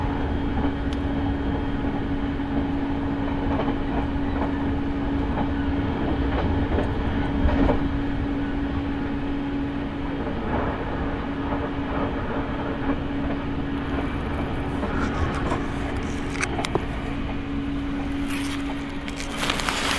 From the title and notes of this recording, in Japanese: 耳で楽しむ鉄道旅 日豊本線特急ソニック6号 柳ヶ浦→小倉。